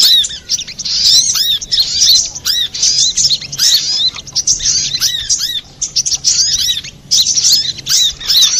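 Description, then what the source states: Little spiderhunter song as a busy stream of sharp, high twittering notes and curved squeaks, pouring in long bursts with short gaps. Master recording (masteran) for training cage birds, labelled Labaik.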